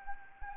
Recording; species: mosquito wingbeat signal from an infrared sensor; Anopheles gambiae